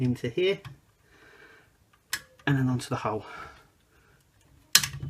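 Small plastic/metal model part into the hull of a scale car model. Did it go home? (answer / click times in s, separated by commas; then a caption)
yes / 4.8 s. Someone talks while a small plastic or metal model-kit part for a scale Back to the Future DeLorean car model is pushed into a hole on the hull. A brief sharp sound comes at about 2.1 s, then the part snaps into place with a loud, short click at 4.8 s, fully seated.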